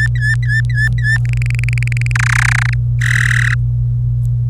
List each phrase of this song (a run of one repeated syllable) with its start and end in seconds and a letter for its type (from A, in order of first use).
0.00-1.18 A, 1.25-2.12 B, 2.15-2.74 C, 3.02-3.54 D